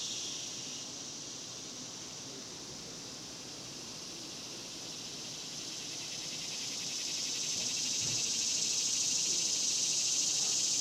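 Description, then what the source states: Cicadas buzzing in a continuous high-pitched drone, quieter early on and swelling louder in the last few seconds. Daytime cicadas recorded outdoors in a cemetery in summer.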